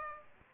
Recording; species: mosquito wingbeat signal from an infrared sensor; Aedes aegypti